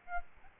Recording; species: mosquito wingbeat signal from an infrared sensor; Aedes albopictus